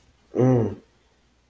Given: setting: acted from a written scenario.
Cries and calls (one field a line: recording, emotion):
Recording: vocal sound without words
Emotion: desire